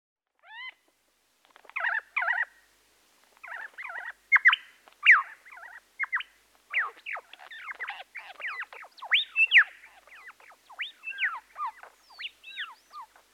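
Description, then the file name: Bird chatter: rapid sequences of short sharp chirps and downslurred whistled notes in irregular bursts, with brief pauses between clusters. "Busy Birds"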